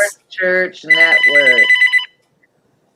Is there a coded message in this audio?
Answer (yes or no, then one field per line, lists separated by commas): no